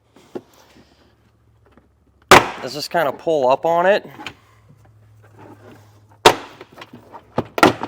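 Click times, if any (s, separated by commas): 6.3 s, 7.6 s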